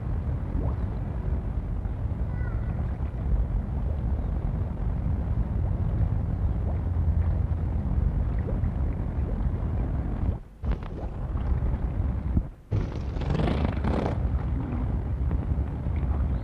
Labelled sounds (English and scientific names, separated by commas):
Harbor Seal (Phoca vitulina)